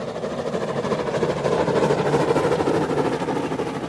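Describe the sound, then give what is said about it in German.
A steam train rumbles past with a steady, heavy mechanical roar and faint rhythmic clatter, holding an even loudness throughout with no voices. “Die Eisenbahn breitet sich über das Land aus.”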